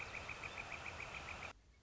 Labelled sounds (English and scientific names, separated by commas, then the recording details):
Northern Flicker (Colaptes auratus)
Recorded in Sonoma County, California